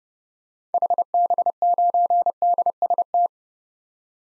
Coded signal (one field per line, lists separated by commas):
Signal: Morse code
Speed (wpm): 30 wpm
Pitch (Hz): 700 Hz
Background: none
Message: HB9DST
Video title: 2023 SOTA Activator Call Signs - 30wpm